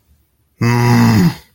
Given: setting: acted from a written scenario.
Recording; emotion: vocal sound without words; anger